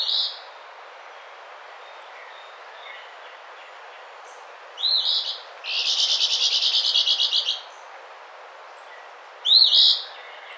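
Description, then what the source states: Eastern phoebe giving a few short, raspy phrases, with a longer, fast, buzzy pulsed trill in between. Recorded on 28 April 2009.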